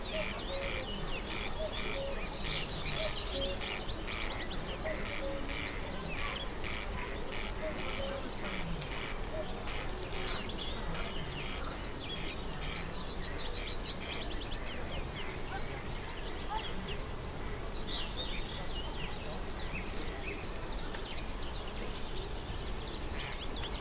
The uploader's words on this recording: Forest Echoes: Relaxing Nature Noises. Serene woodland noises.